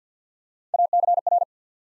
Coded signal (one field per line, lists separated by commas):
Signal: Morse code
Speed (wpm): 48 wpm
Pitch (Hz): 700 Hz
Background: none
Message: ACR